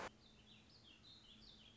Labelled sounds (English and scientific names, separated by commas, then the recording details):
Warbling Vireo (Vireo gilvus)
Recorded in Sonoma County, California